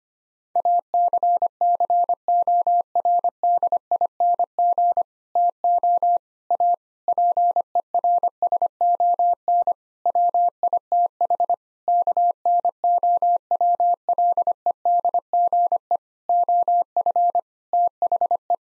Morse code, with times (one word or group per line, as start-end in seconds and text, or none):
0.6-5.0 ACCORDING
5.4-6.2 TO
6.5-6.7 A
7.1-9.7 PERSON
10.1-11.5 WITH
11.9-16.0 KNOWLEDGE
16.3-17.4 OF
17.7-18.5 THE